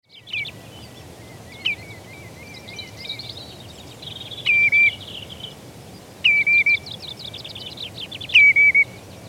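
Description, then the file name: Common redshank calls: clear whistled notes, some with a falling then level tail, repeated every two seconds or so, with rapid buzzy trills between them. "pettegola"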